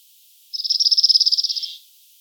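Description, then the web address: Cirl bunting gives a single dry, rattling trill of about twenty rapid, evenly spaced notes lasting just over a second, then silence. "emberiza cirlus call"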